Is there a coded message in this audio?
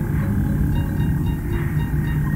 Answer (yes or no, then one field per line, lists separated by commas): no